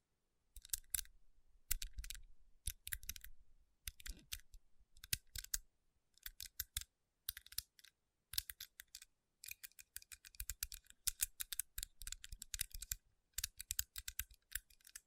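Fingers tap and rub over rhinestone-covered palms in quick bursts of sharp, bright clicks that run through the whole 15 seconds with brief silent gaps. Some bursts carry a soft low thump under the clicking. The tapping grows denser and more continuous after about eight seconds.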